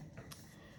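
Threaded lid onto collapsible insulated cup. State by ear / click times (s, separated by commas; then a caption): not seated / none. A threaded lid is screwed onto a Zylch collapsible insulated stainless steel 15 oz cup, being tightened toward hand tight to form a seal. Quiet handling noise is heard, with a soft rub at about 0.2 s and a brief sharp tick at 0.3 s. The lid has not seated yet.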